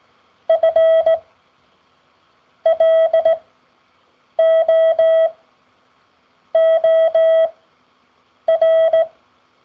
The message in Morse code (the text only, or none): FLOOR